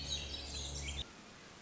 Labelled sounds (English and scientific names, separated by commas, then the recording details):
Swainson's Thrush (Catharus ustulatus)
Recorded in Sonoma County, California